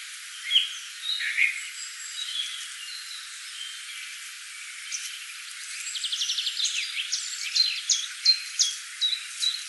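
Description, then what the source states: Common chiffchaff song: after a mixed chorus of other birds, a run of short, sharp high notes. Recorded on 6 April 2013.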